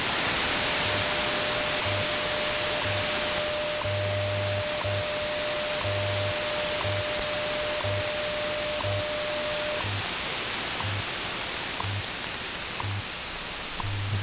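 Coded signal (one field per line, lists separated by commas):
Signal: radio time signal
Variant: WWV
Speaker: this is wwv in fort collins colorado on 15 megahertz i am switching between three antennas right now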